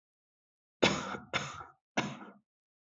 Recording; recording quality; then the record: shallow voluntary cough; excellent, no background noise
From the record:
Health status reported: healthy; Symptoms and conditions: none ticked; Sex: male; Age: 25 years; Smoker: not ticked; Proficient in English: yes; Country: India